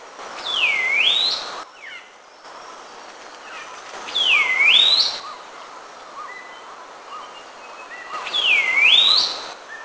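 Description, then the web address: Blue-winged laughingthrush call: a clear whistled swoop falling then rising again, given three times about every four seconds over a steady background hiss. Calls recorded at Eaglenest, India. "India Eaglenest Blue-winged LTcall"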